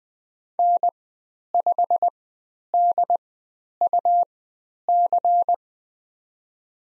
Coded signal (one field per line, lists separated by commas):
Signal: Morse code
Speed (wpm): 20 wpm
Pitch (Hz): 700 Hz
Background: none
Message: N5DUC